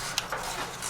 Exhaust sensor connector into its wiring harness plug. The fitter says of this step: the two sensors are being clicked back in